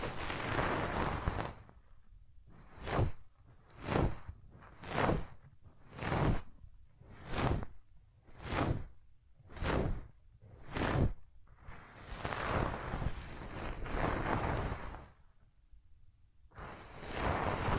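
Hands rub over the ears with no talking, starting with a dense, rushing scrape for about two seconds. Then come about nine quick, even swishes, roughly one per second, before a long steady rubbing stretch, a brief pause near 16 seconds, and more rubbing.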